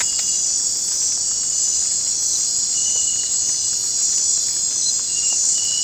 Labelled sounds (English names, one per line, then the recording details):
none
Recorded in dense forest near Puerto Asís, Putumayo, Colombia, on 22 December 2024 at 19:00
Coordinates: 0.466, -76.327
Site G075